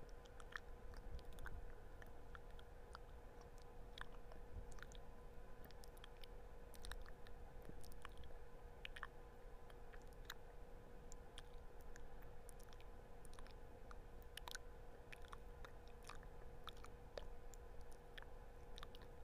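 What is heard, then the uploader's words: Wet mouth sounds and light tapping clicks come in frequent, irregular bursts throughout, some crisp and bright, others softer. Underneath runs a steady low hum with a faint constant tone that never changes. No talking (mouth sounds and tapping). There is going to be no talking only mouth sounds.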